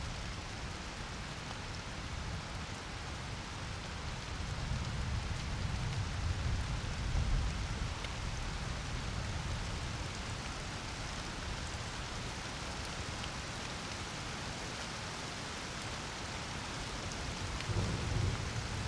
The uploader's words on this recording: Alpine Thunderstorm. The area above Kamniška Bistrica, surrounded by mountains, was hit by a series of extremely powerful thunderstorms. The recorded storm passed over the area during the night and you can hear the sounds of swollen torrential streams. Recorded in Slovenia by Gregor Vida.